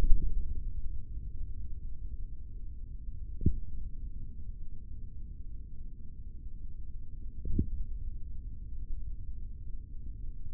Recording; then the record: forearm muscle sounds (acoustic myography)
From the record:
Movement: tripod grip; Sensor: system 3, bracelet of six PUI Audio POM-2738L microphones around the upper forearm, with dedicated amplification and filtering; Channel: 2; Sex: male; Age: 25 years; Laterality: right